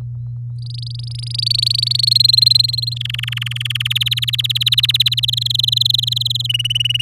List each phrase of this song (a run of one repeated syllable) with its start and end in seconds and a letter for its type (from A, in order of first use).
0.62-2.05 A, 2.07-2.94 B, 2.96-3.88 C, 3.90-5.20 D, 5.23-6.47 E, 6.49-7.01 F